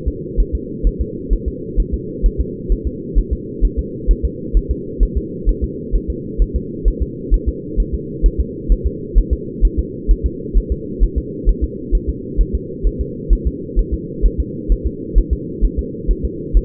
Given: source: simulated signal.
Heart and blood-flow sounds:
fetal heart sounds
0.08 s: S2
0.40 s: S1
0.55 s: S2
0.87 s: S1
1.01 s: S2
1.33 s: S1
1.48 s: S2
1.80 s: S1
1.94 s: S2
2.26 s: S1
2.41 s: S2
2.72 s: S1
2.87 s: S2
3.19 s: S1
3.33 s: S2
3.65 s: S1
3.79 s: S2
4.11 s: S1
4.25 s: S2
4.57 s: S1
4.71 s: S2
5.03 s: S1
5.18 s: S2
5.49 s: S1
5.64 s: S2
5.96 s: S1
6.10 s: S2
6.42 s: S1
6.56 s: S2
6.88 s: S1
7.03 s: S2
7.34 s: S1
7.49 s: S2
7.80 s: S1
7.94 s: S2
8.26 s: S1
8.40 s: S2
8.72 s: S1
8.87 s: S2
9.18 s: S1
9.33 s: S2
9.65 s: S1
9.79 s: S2
10.11 s: S1
10.26 s: S2
10.58 s: S1
10.72 s: S2
11.04 s: S1
11.18 s: S2
11.49 s: S1
11.64 s: S2
11.95 s: S1
12.10 s: S2
12.41 s: S1
12.55 s: S2
12.87 s: S1
13.01 s: S2
13.33 s: S1
13.47 s: S2
13.79 s: S1
13.94 s: S2
14.26 s: S1
14.40 s: S2
14.72 s: S1
14.87 s: S2
15.18 s: S1
15.33 s: S2
15.65 s: S1
15.79 s: S2
16.11 s: S1
16.25 s: S2
16.57 s: S1
From the record:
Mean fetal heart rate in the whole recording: 130 bpm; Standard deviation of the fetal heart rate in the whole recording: 2 bpm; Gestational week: 36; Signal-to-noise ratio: -4.1 dB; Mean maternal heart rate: no maternal heart sound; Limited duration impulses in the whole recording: absent

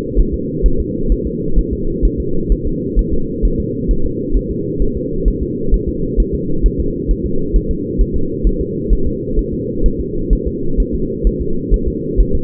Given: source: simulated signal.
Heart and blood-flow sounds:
fetal heart sounds
0.20 s: S1
0.34 s: S2
0.66 s: S1
0.80 s: S2
1.12 s: S1
1.27 s: S2
1.59 s: S1
1.73 s: S2
2.05 s: S1
2.20 s: S2
2.52 s: S1
2.67 s: S2
2.99 s: S1
3.13 s: S2
3.45 s: S1
3.60 s: S2
3.91 s: S1
4.06 s: S2
4.37 s: S1
4.51 s: S2
4.82 s: S1
4.97 s: S2
5.28 s: S1
5.43 s: S2
5.74 s: S1
5.89 s: S2
6.20 s: S1
6.35 s: S2
6.66 s: S1
6.80 s: S2
7.11 s: S1
7.26 s: S2
7.56 s: S1
7.71 s: S2
8.01 s: S1
8.16 s: S2
8.47 s: S1
8.61 s: S2
8.93 s: S1
9.07 s: S2
9.39 s: S1
9.54 s: S2
9.86 s: S1
10.00 s: S2
10.33 s: S1
10.48 s: S2
10.80 s: S1
10.95 s: S2
11.27 s: S1
11.42 s: S2
11.74 s: S1
11.88 s: S2
12.21 s: S1
12.35 s: S2
From the record:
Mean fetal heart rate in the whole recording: 130 bpm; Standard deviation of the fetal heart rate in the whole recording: 2 bpm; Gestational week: 36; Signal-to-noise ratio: -8.1 dB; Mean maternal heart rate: 72 bpm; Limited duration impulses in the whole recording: absent

